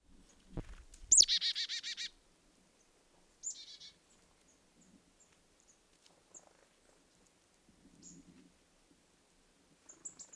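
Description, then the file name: Marsh tit calling: a sharp high note followed by a quick run of buzzy, harsh notes, then a few faint high chips, with some low thumps at the start. "Poecile palustris"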